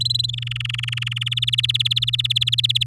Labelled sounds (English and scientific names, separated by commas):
Domestic Canary (Serinus canaria) song